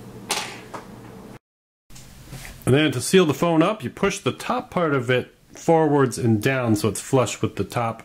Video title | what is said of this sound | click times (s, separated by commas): iPhone Battery Replacement | I did was kind of floated over the right place with this and then just pushed it down and it snapped into place and | 0.3 s